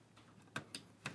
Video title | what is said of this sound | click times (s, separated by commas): 8.4 Installing and Troubleshooting a PSU | I kind of want to make sure I hear that click. That click is crucial. | 0.6 s